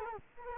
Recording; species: mosquito wingbeat signal from an infrared sensor; Culex quinquefasciatus